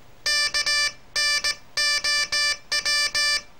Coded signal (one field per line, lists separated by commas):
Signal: Morse code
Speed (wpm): 18 wpm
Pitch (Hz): 1750 Hz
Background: none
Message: KNOW